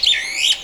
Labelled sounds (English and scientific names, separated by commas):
Superb Starling (Lamprotornis superbus) flight call